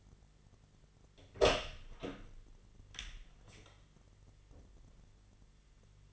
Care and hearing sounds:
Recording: daily activity, microphone in the room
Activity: open door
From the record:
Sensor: 4

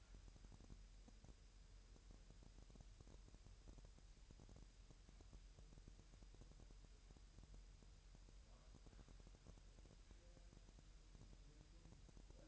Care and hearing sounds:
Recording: daily activity, microphone in the room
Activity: wipe stove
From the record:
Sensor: 2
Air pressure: 1000.7 hPa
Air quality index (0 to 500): 248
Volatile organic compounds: 97 ppm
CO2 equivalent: 3731 ppm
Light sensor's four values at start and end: 9/22/9/9 and 9/22/9/9

